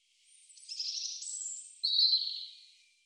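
European robin song: a single long high phrase of thin wavering notes, then a louder twittering ending that fades out.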